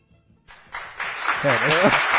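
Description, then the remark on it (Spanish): A burst of applause from a sound effect swells in after a short pause and builds to a steady, dense wash of applause, with a voice briefly rising over it midway through. “Se aplaude él mismo.”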